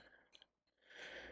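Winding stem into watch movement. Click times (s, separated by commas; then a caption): 0.4 s. A cut-to-size metal winding stem is pushed into the automatic movement of a Blancpain 50 Fathoms homage watch from AliExpress. Two sharp little clicks come close together at about 0.4 s and 0.4 s, followed by a brief hush and then a soft, steady broadband rustle. The stem seats in the movement.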